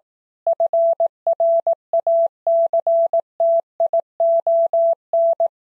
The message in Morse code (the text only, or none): FRACTION